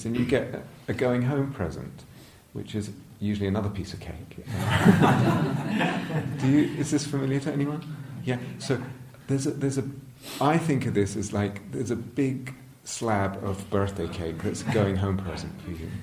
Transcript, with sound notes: -- and you get a going home present, which is usually another piece of cake. [laughter] Is this familiar to anyone? Yeah? So I think of this as like, there's a big slab of birthday cake that's a going home present for you.